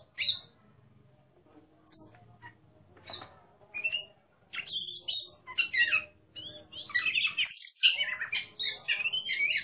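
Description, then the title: Oriental magpie-robin song, mostly quieter scattered notes at first, then loud, rapid bursts of varied whistles and chatter growing denser toward the end. Competition songbird described as a national champion, singing in ngeplong style, in full voice (gacor). "burung berkicau Kacer Ngeplong gacor Juara Nasional. burung Kacer"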